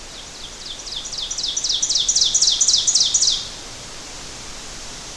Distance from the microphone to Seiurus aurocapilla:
about 10 m